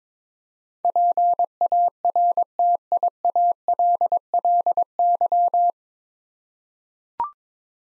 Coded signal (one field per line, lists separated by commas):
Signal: Morse code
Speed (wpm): 22 wpm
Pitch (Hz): 700 Hz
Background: none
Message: PARTIALLY